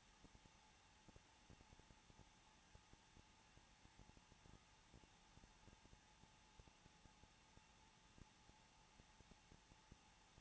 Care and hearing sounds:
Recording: daily activity, microphone in the room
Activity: no activity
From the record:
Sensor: 1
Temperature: 20.2 degrees Celsius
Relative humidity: 35.7%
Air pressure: 994.5 hPa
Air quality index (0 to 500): 182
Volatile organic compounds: 7 ppm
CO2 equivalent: 1995 ppm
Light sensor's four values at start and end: 1/2/1/1 and 1/2/1/1

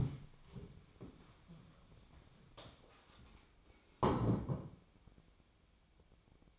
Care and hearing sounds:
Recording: daily activity, microphone in the room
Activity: stand up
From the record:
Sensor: 1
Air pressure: 1000.5 hPa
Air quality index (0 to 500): 175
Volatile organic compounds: 4 ppm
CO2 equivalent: 1621 ppm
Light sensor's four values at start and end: 13/31/13/15 and 13/30/13/15

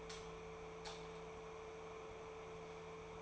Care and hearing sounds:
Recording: daily activity, microphone in the room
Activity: light off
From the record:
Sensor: 1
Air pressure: 1014.8 hPa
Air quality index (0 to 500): 188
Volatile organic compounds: 19 ppm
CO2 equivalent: 2665 ppm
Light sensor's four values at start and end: 14/40/15/16 and 10/25/10/11

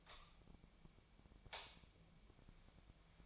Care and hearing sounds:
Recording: daily activity, microphone in the room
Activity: light on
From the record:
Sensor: 1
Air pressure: 1009.8 hPa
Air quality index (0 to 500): 188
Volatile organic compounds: 17 ppm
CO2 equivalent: 2585 ppm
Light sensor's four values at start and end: 36/92/38/47 and 47/134/55/63

